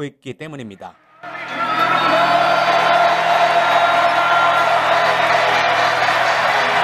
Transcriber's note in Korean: 녹취: 농구 경기장 현장음